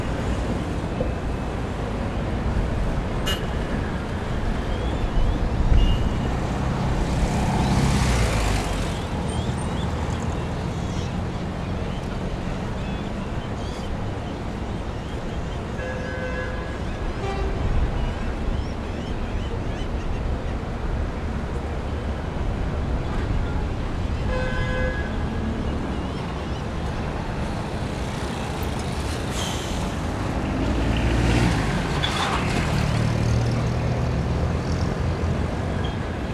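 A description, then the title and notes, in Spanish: Ambience on a bridge over the Rímac river in Lima: a constant low roar of traffic and rushing water fills the scene. Vehicles swell past around 8 and 30 seconds, with faint voices and brief horn-like tones near 16 and 25 seconds. Ambiente puente y rio Rímac Lima by Alejandro Cornejo Montibeller.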